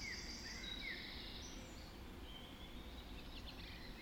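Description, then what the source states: Dawn chorus birds, quick high whistles and downslurred chirps crowding the opening second, then softer twittering, over low background noise. Dawn chorus recorded just after dawn in the Forest of Dean.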